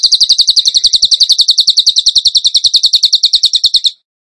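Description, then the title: Bird song: a fast, even string of sharp high chips held steady for about four seconds, then silence. Training recording (masteran) of a bird singing in the tembakan gacor style. "Masteran Burung Tembakan Gacor"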